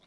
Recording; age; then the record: pig call; piglet (1 to 25 days)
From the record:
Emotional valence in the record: positive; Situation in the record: short reunion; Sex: female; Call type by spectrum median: low-frequency call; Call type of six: low-frequency tonal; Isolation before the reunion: 3 minutes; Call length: 0.07 s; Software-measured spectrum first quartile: 535 Hz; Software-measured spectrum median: 2052 Hz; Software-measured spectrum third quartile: 3723 Hz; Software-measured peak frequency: 3715 Hz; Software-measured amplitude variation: 49 dB a second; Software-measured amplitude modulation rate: 7.5 a second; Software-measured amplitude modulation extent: 6.5 dB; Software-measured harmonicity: 1.5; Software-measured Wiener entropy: -1.15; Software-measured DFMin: 649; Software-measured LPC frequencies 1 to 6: 632, 2225, 3699, 5515, 7076, 8491 Hz